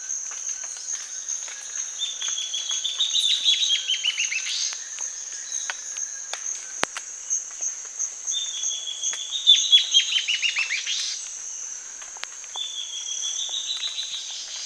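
Bird calls, bursts of rapid chirping notes repeated every few seconds over a steady high insect-like hiss and scattered clicks.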